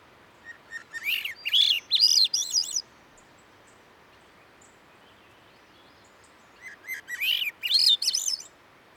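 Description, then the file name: Swainson's thrush singing two flute-like phrases that spiral upward in quick breathy notes, one early and one late, with quiet gaps between. "Swainsons Thrush - Catharus ustulatus"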